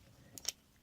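While a Power of the Primes Rippersnapper plastic action figure is being transformed, its head is rotated and a plastic panel pops off the peg on the figure's body. Two short, sharp plastic clicks sound at 0.4 s and 0.5 s over quiet background noise. The panel comes free of its peg.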